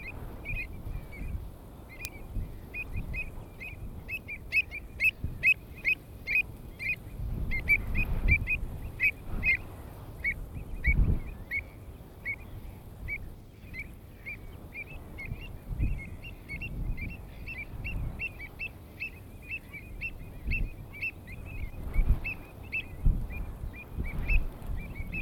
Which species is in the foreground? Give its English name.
Pied Avocet